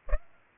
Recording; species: mosquito wingbeat signal from an infrared sensor; Aedes aegypti